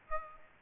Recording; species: mosquito wingbeat signal from an infrared sensor; Aedes aegypti